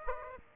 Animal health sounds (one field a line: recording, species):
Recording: mosquito wingbeat signal from an infrared sensor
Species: Aedes aegypti